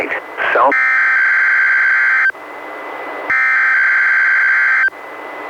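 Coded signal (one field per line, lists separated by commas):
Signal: Emergency Alert System (SAME) tones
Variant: header bursts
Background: speech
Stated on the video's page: NWS Portland required weekly test relayed by NOAA Weather Radio station in Astoria, recorded from a Reecom R-1630 weather radio via a Zoom H1 recorder.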